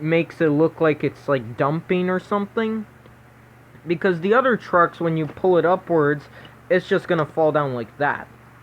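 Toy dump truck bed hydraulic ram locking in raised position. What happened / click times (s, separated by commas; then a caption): Only talk is heard; no seating click occurs in the clip / none. Someone talks over the plastic dump bed of a Matchbox Working Rigs International WorkStar 7500 die-cast toy dump truck, whose hydraulic ram is meant to click into a position that holds the bed up. Speech fills the clip, with a quieter gap around 2.9 to 3.9 seconds. Nothing has seated or clicked yet.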